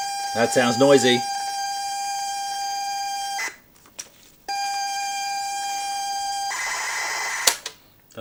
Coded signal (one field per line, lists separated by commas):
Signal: ZX Spectrum tape loading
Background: speech